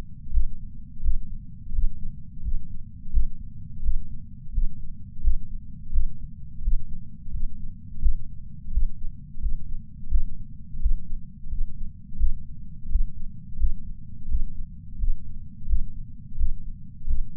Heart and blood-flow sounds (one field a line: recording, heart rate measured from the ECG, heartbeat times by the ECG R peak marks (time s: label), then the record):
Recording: heart sounds by patch sensor on the chest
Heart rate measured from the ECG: 86 bpm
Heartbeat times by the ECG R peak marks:
0.31 s: heartbeat
1.02 s: heartbeat
1.72 s: heartbeat
2.42 s: heartbeat
3.11 s: heartbeat
3.82 s: heartbeat
4.52 s: heartbeat
5.22 s: heartbeat
5.91 s: heartbeat
6.62 s: heartbeat
7.31 s: heartbeat
8.00 s: heartbeat
8.71 s: heartbeat
9.40 s: heartbeat
10.09 s: heartbeat
10.80 s: heartbeat
11.49 s: heartbeat
12.18 s: heartbeat
12.89 s: heartbeat
13.58 s: heartbeat
14.28 s: heartbeat
14.98 s: heartbeat
15.67 s: heartbeat
16.37 s: heartbeat
17.06 s: heartbeat
From the record:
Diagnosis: coronary artery disease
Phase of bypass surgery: postoperative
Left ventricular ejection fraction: 53.3%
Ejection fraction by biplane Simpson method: 55.1%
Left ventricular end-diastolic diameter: 44 mm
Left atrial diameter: 43 mm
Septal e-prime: 6 cm/s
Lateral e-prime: 8.6 cm/s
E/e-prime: 11.9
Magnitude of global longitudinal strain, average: 15.4%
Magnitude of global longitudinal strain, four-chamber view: 16.2%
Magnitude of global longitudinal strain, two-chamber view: 15.5%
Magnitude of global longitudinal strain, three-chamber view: 14.5%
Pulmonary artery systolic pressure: 30 mmHg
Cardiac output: 3.65 L/min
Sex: male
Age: 64 years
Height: 175 cm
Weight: 85 kg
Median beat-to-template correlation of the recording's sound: 0.88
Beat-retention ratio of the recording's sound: 1.00